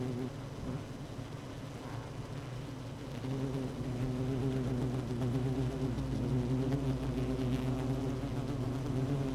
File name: Hive 1 12 06 2018 Queen Bee H 1